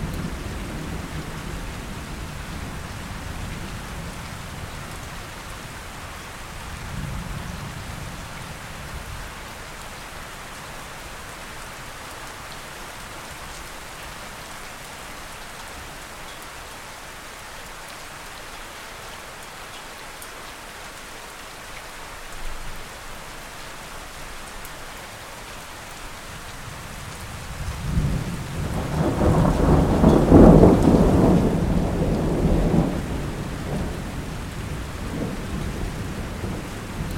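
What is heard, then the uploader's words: Steady rain hisses evenly throughout. Thunder rumbles low and soft near the start and again around seven seconds, then a louder roll builds from about twenty-seven seconds, peaks near thirty, and fades slowly toward the end. Rain and Thunder Sounds.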